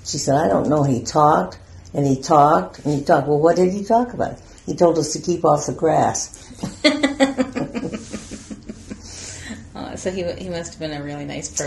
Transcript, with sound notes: She said, “I don't know, he talked and he talked and he talked.” “Well what did he talk about?” “He told us to keep off the grass.” [laughter]
So he must have been a really nice person.